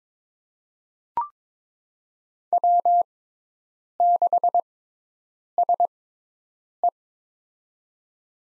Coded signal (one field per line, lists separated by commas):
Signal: Morse code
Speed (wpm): 22 wpm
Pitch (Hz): 700 Hz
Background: none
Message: W6SE